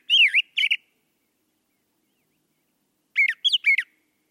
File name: suara kicauan brown thrasher. omkicau